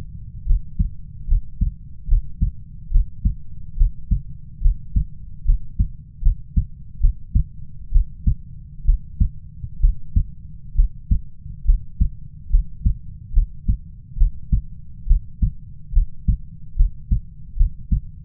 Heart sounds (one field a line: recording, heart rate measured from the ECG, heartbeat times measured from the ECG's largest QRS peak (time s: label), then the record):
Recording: heart sounds by stethoscope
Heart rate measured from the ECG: 70 bpm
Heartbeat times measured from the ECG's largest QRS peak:
0.46 s: heartbeat
1.28 s: heartbeat
2.08 s: heartbeat
2.91 s: heartbeat
3.77 s: heartbeat
4.62 s: heartbeat
5.45 s: heartbeat
6.22 s: heartbeat
7.00 s: heartbeat
7.92 s: heartbeat
8.85 s: heartbeat
9.80 s: heartbeat
10.75 s: heartbeat
11.65 s: heartbeat
12.50 s: heartbeat
13.33 s: heartbeat
14.18 s: heartbeat
15.07 s: heartbeat
15.93 s: heartbeat
16.76 s: heartbeat
17.57 s: heartbeat
From the record:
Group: healthy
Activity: breath hold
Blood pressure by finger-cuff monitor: 98/64 mmHg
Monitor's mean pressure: 78 mmHg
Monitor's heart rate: 72 bpm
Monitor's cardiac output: 6.4 L/min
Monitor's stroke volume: 90 mL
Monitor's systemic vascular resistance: 830 dyn s/cm5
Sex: female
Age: 22 years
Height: 157 cm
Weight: 47.6 kg